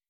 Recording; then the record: hydrophone in a shrimp aquaculture tank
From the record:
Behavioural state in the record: weakened